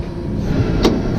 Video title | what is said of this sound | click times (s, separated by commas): Tow Truck Basics (loading a car) Part 1 | then I'm going to explain something here you're going to listen for a click | 0.8 s